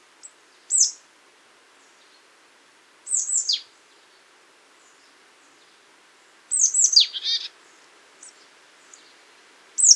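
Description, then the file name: Marsh tit calls: short high descending notes, single and in clustered bursts, sounding at irregular intervals with quiet gaps between. "Poecile palustris"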